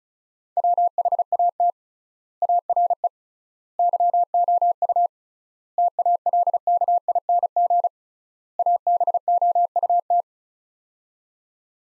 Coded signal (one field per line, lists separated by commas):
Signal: Morse code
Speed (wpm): 36 wpm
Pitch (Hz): 700 Hz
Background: none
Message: WHAT ARE YOU TALKING ABOUT